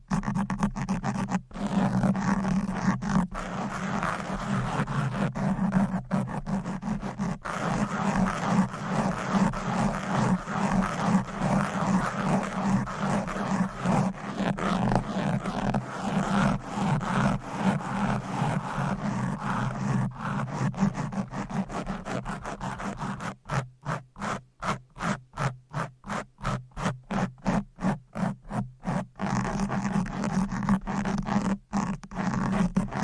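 Fast, aggressive scratching right on a microphone, a dense rough scraping with a strong low rumble and a buzzing midrange. It runs almost without pause, then from about 23 to 29 seconds breaks into quick rhythmic strokes with short gaps between each.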